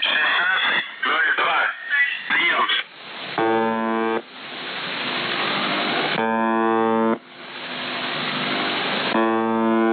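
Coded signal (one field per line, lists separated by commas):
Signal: numbers station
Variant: UVB-76, Russian voice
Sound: brief male voice over static, then three harsh buzzes about one second each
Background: radio static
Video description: АНВФ АНВФ 63096 БУНТОРИС 64031602 АНВФ АНВФ 63096 БУНТОРИС 64031602 прием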